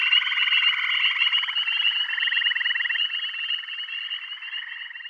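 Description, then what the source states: Frog chorus of rapid pulsed trills layered over a constant high-pitched ringing, loud at first and gradually fading toward the end. Bath County.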